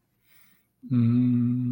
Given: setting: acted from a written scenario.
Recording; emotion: vocal sound without words; serenity